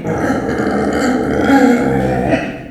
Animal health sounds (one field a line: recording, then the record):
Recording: squeal of a Yucatan mini pig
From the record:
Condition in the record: after surgery on the right vocal fold (resection and tissue-engineered implant)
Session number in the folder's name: 3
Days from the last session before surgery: 21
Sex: female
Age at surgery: 19 weeks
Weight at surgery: 25 kg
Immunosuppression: prednisolone